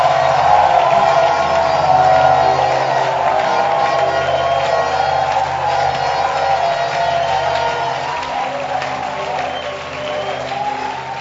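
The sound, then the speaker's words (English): A crowd claps and cheers continuously in loud, dense applause, with scattered shouts and whoops rising over the steady clapping before it eases slightly toward the end; the clapping is given as praise to the Lord after a prayer spoken in English and French. “Give the Lord a mighty clap of praise.”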